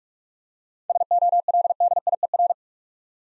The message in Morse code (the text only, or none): SOLDIER